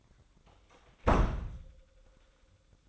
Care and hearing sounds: daily activity, microphone in the room; close door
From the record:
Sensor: 3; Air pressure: 1004.8 hPa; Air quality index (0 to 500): 76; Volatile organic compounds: 2 ppm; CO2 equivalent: 1148 ppm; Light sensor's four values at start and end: 8/19/8/7 and 8/19/8/7

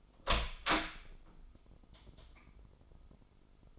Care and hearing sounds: daily activity, microphone in the room; open door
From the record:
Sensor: 5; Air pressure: 996.2 hPa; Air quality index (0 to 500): 37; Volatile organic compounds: 1 ppm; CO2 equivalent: 612 ppm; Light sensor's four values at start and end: 43/101/42/44 and 43/101/42/44

